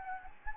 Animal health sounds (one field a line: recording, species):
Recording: mosquito wingbeat signal from an infrared sensor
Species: Anopheles gambiae